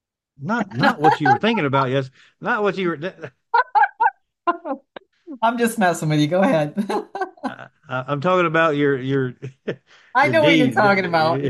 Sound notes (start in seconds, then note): 0.6 laughs; 2.9 laughs; 6.8 laughs